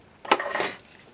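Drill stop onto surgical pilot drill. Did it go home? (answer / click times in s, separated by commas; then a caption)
yes / 0.3 s. A 12 mm drill stop is pushed onto a 1.2 mm pilot drill before the drill goes into a surgical handpiece. One sharp snap is heard at 0.3 s, followed by a softer, longer rattle around 0.6 s that fades out by 0.8 s. The drill stop snaps into place and is seated.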